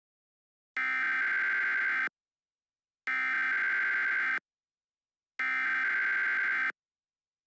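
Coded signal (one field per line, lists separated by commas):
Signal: Emergency Alert System (SAME) tones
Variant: header bursts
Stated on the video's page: Fictional mock EAS alert, not a real broadcast.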